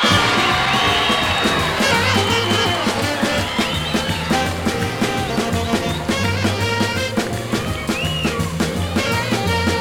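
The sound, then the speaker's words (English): A crowd cheers, whoops and applauds steadily for about ten seconds to welcome a blues singer, the loud roar blending with a band playing a driving bass-heavy groove underneath. “Ladies and gentlemen, how about a nice warm round of applause to welcome the world's greatest blues singer, the King of the Blues,”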